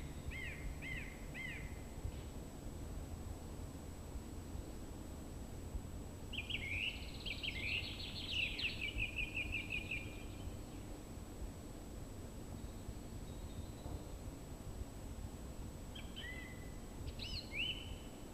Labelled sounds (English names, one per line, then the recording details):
Song Thrush song
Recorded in the wild
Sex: male
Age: adult
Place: Spittal an der Drau, Oberkärnten, Baden-Württemberg, DE
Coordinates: 48.5167, 9.01667
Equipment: Hornyphon, Phillips Mikrofon
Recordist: Brunner, Thomas